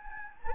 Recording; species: mosquito wingbeat signal from an infrared sensor; Anopheles gambiae